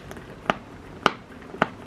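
The magnetic snap closure on the outer pocket of a Coach Pillow Madison quilted leather shoulder bag is brought together and snaps shut three times in a row. Sharp clicks land at 0.5, 1.1 and 1.6 seconds, with a faint tap near 0.1 seconds, and the closure seats securely each time.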